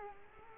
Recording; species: mosquito wingbeat signal from an infrared sensor; Culex quinquefasciatus